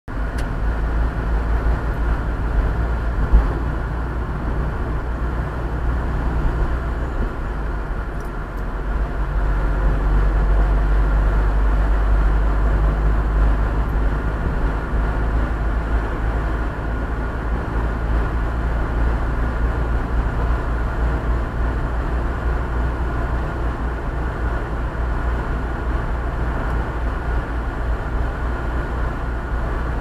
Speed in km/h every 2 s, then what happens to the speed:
39, 45, 45, 47, 48, 48, 49, 51, 53, 53, 57, 57, 58, 58, 58.
0-20 speeds up to 57. 20-30 steady at about 58.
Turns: none.